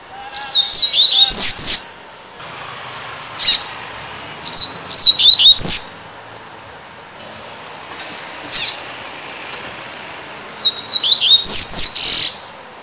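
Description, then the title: Double-collared Seedeater repeating phrases of rapid high descending whistles, three phrases in a row with a few sharp clicks heard between them. "Canto Coleiro"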